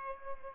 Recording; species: mosquito wingbeat signal from an infrared sensor; Aedes aegypti